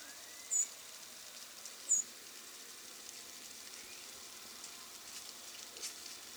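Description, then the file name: Harris's sparrow calling twice early with short, thin, high notes, followed by quiet hiss and a few faint ticks. "Harris's Sparrow - Zonotrichia querula"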